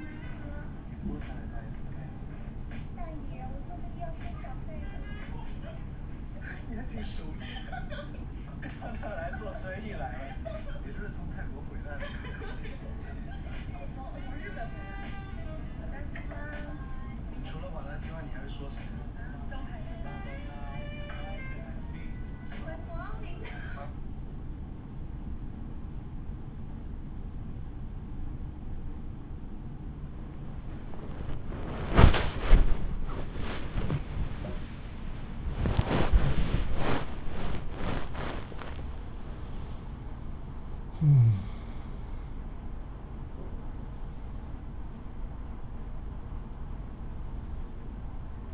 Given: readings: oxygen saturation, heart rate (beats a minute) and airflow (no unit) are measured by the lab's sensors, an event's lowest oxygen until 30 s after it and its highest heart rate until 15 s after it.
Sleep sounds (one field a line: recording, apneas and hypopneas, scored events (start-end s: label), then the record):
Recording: a person awake in a sleep study, by a smartphone at the bedside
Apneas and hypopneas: none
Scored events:
0.00-48.54 s: awake
From the record:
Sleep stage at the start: awake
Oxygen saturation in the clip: 94 to 95%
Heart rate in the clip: 67 to 73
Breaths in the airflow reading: 18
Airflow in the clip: -10.7 to 10.2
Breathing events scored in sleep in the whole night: 216 in 7.0 hours asleep